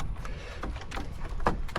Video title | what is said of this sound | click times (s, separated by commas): How To Change Front Curb View Camera On a 2020-2024 Chevy Tahoe Suburban GMC Yukon | pop that's good four points of contact where that locks in place | 1.5 s